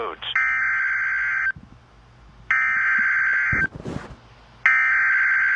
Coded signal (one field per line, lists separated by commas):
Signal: Emergency Alert System (SAME) tones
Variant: header bursts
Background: speech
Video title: EAS 1457 (Severe Thunderstorm Warning #22) 7/21/18